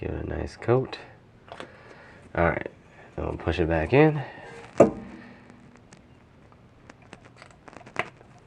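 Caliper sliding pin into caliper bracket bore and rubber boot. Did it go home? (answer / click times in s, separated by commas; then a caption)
yes / 8.0 s. A freshly greased rear caliper sliding pin on a 2010–2015 Toyota Prius is pushed back into its bore in the caliper bracket, through the rubber boot. Someone talks, then small clicks and scrapes lead up to a sharp pop at 8.0 s as the pin seats into place.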